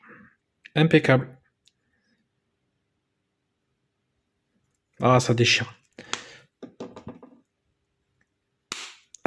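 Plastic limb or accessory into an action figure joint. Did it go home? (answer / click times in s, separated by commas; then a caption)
yes / 8.7 s. A plastic limb or accessory is pushed onto a Teenage Mutant Ninja Turtles Mutations Mix 'N Match action figure joint while someone talks, with a few small clicks and handling sounds in between. A sharp plastic snap at 8.7 s marks the part clipping in and seating firmly.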